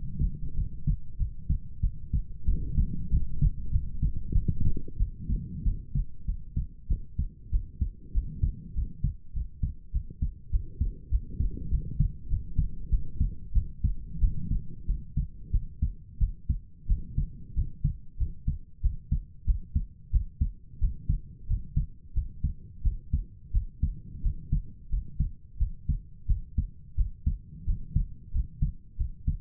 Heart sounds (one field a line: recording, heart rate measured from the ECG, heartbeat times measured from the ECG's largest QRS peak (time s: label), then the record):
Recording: heart sounds by stethoscope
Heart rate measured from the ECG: 93 bpm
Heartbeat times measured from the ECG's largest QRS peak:
0.54 s: heartbeat
1.16 s: heartbeat
1.80 s: heartbeat
2.44 s: heartbeat
3.09 s: heartbeat
3.70 s: heartbeat
4.32 s: heartbeat
4.97 s: heartbeat
5.63 s: heartbeat
6.25 s: heartbeat
6.87 s: heartbeat
7.50 s: heartbeat
8.12 s: heartbeat
8.74 s: heartbeat
9.33 s: heartbeat
9.91 s: heartbeat
10.50 s: heartbeat
11.09 s: heartbeat
11.69 s: heartbeat
12.28 s: heartbeat
12.89 s: heartbeat
13.52 s: heartbeat
14.19 s: heartbeat
14.85 s: heartbeat
15.51 s: heartbeat
16.18 s: heartbeat
16.87 s: heartbeat
17.54 s: heartbeat
18.17 s: heartbeat
18.81 s: heartbeat
19.45 s: heartbeat
20.11 s: heartbeat
20.79 s: heartbeat
21.46 s: heartbeat
22.13 s: heartbeat
22.82 s: heartbeat
23.52 s: heartbeat
24.21 s: heartbeat
24.89 s: heartbeat
25.57 s: heartbeat
26.26 s: heartbeat
26.95 s: heartbeat
27.65 s: heartbeat
28.31 s: heartbeat
28.96 s: heartbeat
From the record:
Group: healthy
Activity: rest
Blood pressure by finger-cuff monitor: 70/48 mmHg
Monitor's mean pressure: 57 mmHg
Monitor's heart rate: 93 bpm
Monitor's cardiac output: 7.3 L/min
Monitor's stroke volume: 78 mL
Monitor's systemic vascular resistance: 560 dyn s/cm5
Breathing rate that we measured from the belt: 20 breaths a minute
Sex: female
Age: 19 years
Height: 163 cm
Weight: 48.9 kg